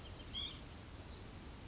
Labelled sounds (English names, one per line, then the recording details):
White-breasted Nuthatch
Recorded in Sonoma County, California